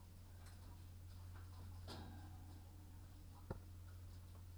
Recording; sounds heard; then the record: poultry house recording; sick chickens (respiratory disease)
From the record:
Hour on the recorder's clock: 22